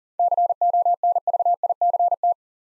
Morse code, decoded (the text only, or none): CONVICT